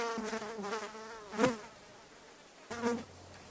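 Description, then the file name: Fly buzzing in short bursts, a wavering hum with rising and falling pitch, a louder pass near the middle and another burst near the end. Flies buzzing. "suono Mosche che ronzano"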